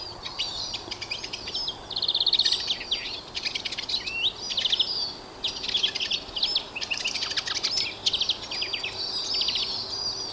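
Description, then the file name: European greenfinch song as a dense run of rattling trills and twittering notes, nearly continuous, over faint background hiss. "Chloris chloris"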